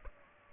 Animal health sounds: mosquito wingbeat signal from an infrared sensor; Culex pipiens

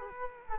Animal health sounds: mosquito wingbeat signal from an infrared sensor; Culex quinquefasciatus

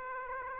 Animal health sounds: mosquito wingbeat signal from an infrared sensor; Aedes aegypti

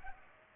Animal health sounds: mosquito wingbeat signal from an infrared sensor; Culex pipiens

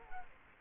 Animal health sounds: mosquito wingbeat signal from an infrared sensor; Culex quinquefasciatus

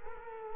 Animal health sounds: mosquito wingbeat signal from an infrared sensor; Culex quinquefasciatus

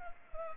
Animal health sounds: mosquito wingbeat signal from an infrared sensor; Culex pipiens

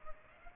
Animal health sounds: mosquito wingbeat signal from an infrared sensor; Aedes aegypti

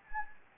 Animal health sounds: mosquito wingbeat signal from an infrared sensor; Anopheles gambiae

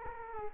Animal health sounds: mosquito wingbeat signal from an infrared sensor; Culex quinquefasciatus

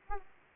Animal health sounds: mosquito wingbeat signal from an infrared sensor; Aedes aegypti

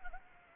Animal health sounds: mosquito wingbeat signal from an infrared sensor; Anopheles gambiae

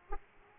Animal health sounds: mosquito wingbeat signal from an infrared sensor; Aedes aegypti

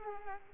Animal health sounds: mosquito wingbeat signal from an infrared sensor; Culex pipiens

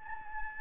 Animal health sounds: mosquito wingbeat signal from an infrared sensor; Anopheles gambiae

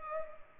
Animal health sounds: mosquito wingbeat signal from an infrared sensor; Culex pipiens

